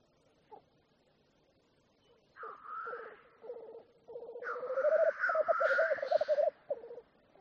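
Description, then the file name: Black grouse giving a rapid, bubbling, cooing run of pulsed notes that swells in volume, overlaid by drawn-out harsh hissing calls. "audio hero Bird Black Grouse"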